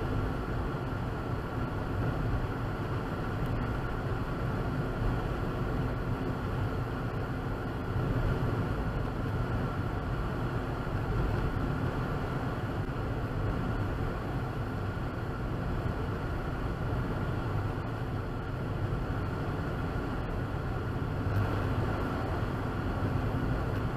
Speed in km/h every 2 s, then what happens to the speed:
85, 85, 85, 85, 87, 87, 85, 81, 81, 81, 81, 85.
0-10 steady at about 85. 10-13 slows to 81. 13-24 steady at about 81.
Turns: none.